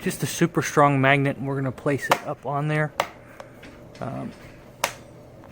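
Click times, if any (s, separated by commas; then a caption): 4.8 s. Someone talks as a magnetic outdoor security camera mount is placed up onto its wall base and twisted. Soft handling sounds follow, then a sharp click at 4.8 s as the mount locks into place.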